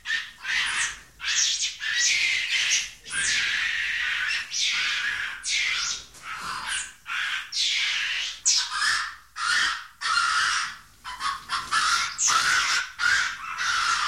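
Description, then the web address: Monkey screeches and squawks: loud, rasping outbursts tumbling one after another, uneven in length, growing choppier and more hurried toward the end. "animali scimmie scimmie monkey"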